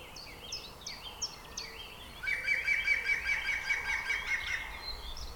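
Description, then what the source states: Green woodpecker giving a fast laughing series of about ten even, ringing notes, after some high, thin chirps. With spoken commentary.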